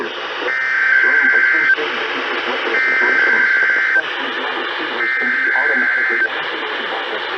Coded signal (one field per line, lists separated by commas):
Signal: Emergency Alert System (SAME) tones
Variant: header bursts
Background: speech